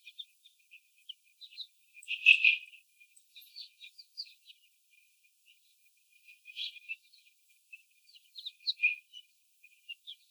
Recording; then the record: young laying hens in a cage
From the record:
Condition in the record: before the stressor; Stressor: sudden umbrella opening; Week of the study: 3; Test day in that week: 2